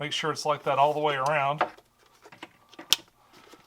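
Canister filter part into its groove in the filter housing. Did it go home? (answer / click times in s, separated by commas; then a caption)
yes / 2.9 s. Someone talks while setting up a Fluval canister filter, pulling a part down into its groove in the filter housing and checking it all the way around. After a few faint handling taps, a sharp, short snap at 2.9 s marks the part seating in the groove.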